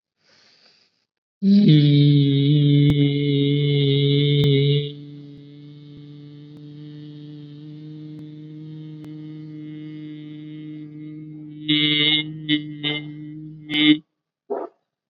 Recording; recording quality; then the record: sustained vowel as in beet; excellent, no background noise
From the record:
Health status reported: COVID-19 positive, mild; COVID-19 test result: positive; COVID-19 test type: rapid antigen test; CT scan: not taken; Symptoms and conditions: cough, sore throat, fever, fatigue, muscle pain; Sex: male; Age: 30 years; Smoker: yes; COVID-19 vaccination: both doses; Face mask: worn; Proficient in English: yes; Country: India